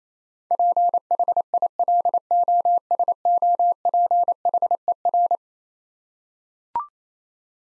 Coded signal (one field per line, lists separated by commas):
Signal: Morse code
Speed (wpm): 27 wpm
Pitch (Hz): 700 Hz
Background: none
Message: PHILOSOPHER